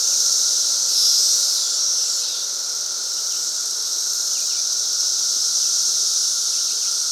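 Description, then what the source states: Periodical cicadas droning together in a constant, even buzz beneath a shimmering high-pitched hiss, loudest at the start and then holding level. Cicada chorus during the 2024 emergence at Fox Ridge Bluff, recorded at 3:52 PM on Memorial Day 2024.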